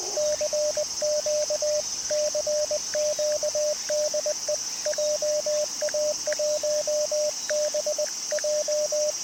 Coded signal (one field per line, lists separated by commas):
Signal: Morse code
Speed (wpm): 20 wpm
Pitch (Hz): 600 Hz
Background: radio noise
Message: CQ CQ DE JA1BJ